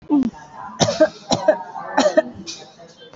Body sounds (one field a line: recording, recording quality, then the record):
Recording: heavy voluntary cough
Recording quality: excellent, no background noise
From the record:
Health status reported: COVID-19 positive, mild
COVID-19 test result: positive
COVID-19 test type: RT-PCR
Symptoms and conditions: cough, loss of smell and taste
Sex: female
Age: 32 years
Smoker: no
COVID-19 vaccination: one dose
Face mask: worn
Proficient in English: yes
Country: India